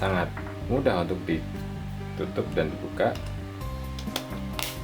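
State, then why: Seated. The plastic back cover of a WLN KD-C01 handheld walkie-talkie is pressed onto the radio body over the battery. Someone talks over background music, then sharp clicks sound at 4.2 s and 4.6 s as the cover snaps shut and locks in place.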